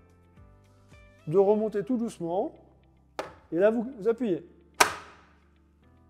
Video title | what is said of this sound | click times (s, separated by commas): L'entretien, lave-linge TOP Proline PTL5511 | voilà, c'est clipsé, c'est terminé, c'est nettoyé. | 4.8 s